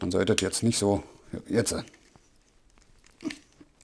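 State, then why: Seated. Someone talks while a Magnat Magnasphere 33 wireless speaker housing is pushed onto its mount/stand on a second attempt, its plastic part going in with the lever released after the first try had not latched. After a few faint handling ticks, a distinct click at 3.3 s marks the latch catching, and the speaker now sits seated on the mount.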